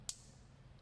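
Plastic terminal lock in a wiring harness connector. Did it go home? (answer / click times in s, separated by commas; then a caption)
released / 0.1 s. The white plastic pin-lock piece in a wiring harness connector is pushed in to unlock the terminals so the yellow and green CAN high and CAN low wires can be swapped. A single short, sharp plastic click sounds at 0.1 s over a quiet low background hum. The lock is released, and every pin in the connector is now unlocked.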